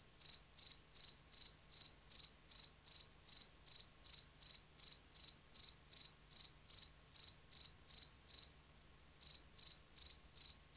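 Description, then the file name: Field cricket singing a rhythmic chirp series, each chirp a short burst of pulses, nearly three per second, with one short break near the end. "markfårekylling"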